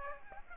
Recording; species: mosquito wingbeat signal from an infrared sensor; Aedes aegypti